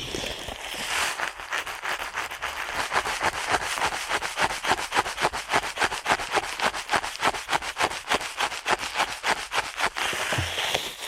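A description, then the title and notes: Ear cleaning at a rapid pace: fast, regular crackly scratching strokes, several per second, running steadily from about one second until nearly the end. ASMR Ear Cleaning at Helicopter Speed.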